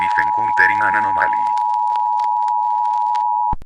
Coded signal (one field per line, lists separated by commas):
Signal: Emergency Alert System (SAME) tones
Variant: 853 and 960 Hz attention tone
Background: speech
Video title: Reflections, a short EAS scenario (Read description)